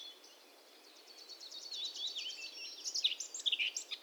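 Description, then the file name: Eurasian blackcap song: a quiet, rapid scratchy twitter that builds into several loud, clear fluted phrases near the end, with light background hiss. "Sylvia atricapilla"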